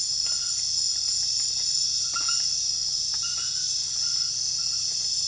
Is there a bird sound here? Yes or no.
no